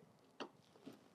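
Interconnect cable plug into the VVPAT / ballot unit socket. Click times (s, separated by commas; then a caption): 0.4 s. An interconnect cable plug, lined up red to red, black to black, with "TOP" facing up, is pushed slowly into the socket of a voting machine unit to connect the VVPAT to the ballot unit. A single sharp click sounds at 0.4 s, followed by a fainter sound near 0.9 s. The connector is seated in the socket.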